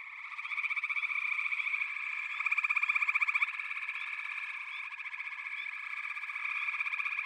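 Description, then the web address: Chorus of frogs, layered trilling calls in an unbroken wash, with louder rapid pulses standing out in the first half. A chorus of frogs calling together. "The Natural Sounds of the Wilderness. Echoes of Nature - Frog Chorus"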